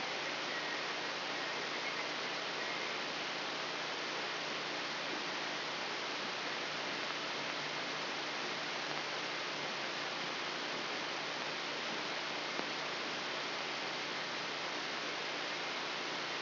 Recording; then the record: brain microelectrode recording played as sound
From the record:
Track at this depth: outside the subthalamic nucleus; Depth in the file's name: 4.906 mm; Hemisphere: left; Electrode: 3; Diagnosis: Parkinson's disease